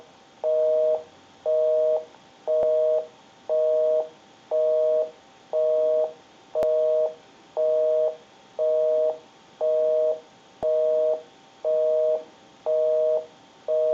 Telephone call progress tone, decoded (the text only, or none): busy tone